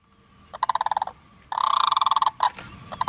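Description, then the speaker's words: Sandhill crane giving rolling, rattling calls in several bursts, each a quick run of throaty pulses. "That's the sound of a sandhill crane, which can be found all across Florida."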